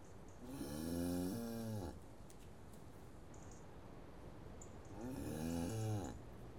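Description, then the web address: Cattle lowing in two drawn-out, deep moos with rich harmonics, separated by a few seconds of quiet background. Cows mooing. "The BBC Sound Effects Library. Cows Mooing"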